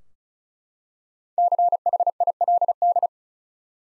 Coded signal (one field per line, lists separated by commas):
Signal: Morse code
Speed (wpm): 34 wpm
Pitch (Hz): 700 Hz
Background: none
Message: CHILD